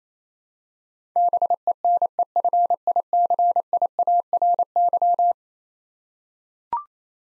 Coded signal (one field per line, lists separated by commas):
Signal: Morse code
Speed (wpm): 28 wpm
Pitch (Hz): 700 Hz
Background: none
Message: BENEFICIARY